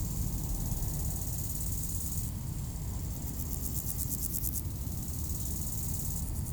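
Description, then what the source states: Grasshopper stridulation: a fast pulsed, hissing buzz swelling in the middle and briefly again at the end, with constant low traffic rumble underneath. Grasshoppers by road D633 at Aveize, France, with cars passing, around five o'clock; recorded with a Sony PCM-M10 in AB microphone position.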